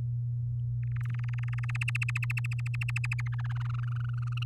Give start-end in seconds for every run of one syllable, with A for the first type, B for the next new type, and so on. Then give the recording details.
0.83-1.65 A, 1.69-3.28 B, 3.32-4.44 C. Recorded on 8 May 2018 at 05:47. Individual llb16